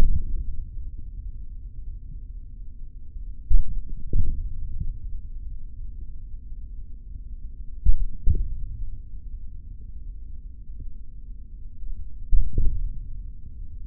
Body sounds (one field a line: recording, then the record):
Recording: forearm muscle sounds (acoustic myography)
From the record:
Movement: hand opening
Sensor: system 3, bracelet of six PUI Audio POM-2738L microphones around the upper forearm, with dedicated amplification and filtering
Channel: 2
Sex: male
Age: 26 years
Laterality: right